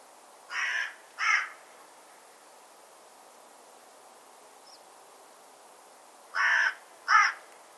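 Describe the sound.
Bird giving two pairs of harsh, short caws, a pair at the start and another after a long silent pause, with soft background hiss.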